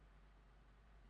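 While a car seat is being reupholstered, the plastic strip sewn into the seat cover is pressed onto the seat frame's metal bar. Only a steady, even hiss with a low rumble underneath is heard, with no distinct hit. Nothing has clicked or seated yet.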